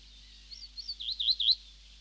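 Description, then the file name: Reed bunting giving one short, high song phrase of several wavering notes that grow louder toward the end, over a faint low hum. "Reed Bunting (Emberiza schoeniclus)"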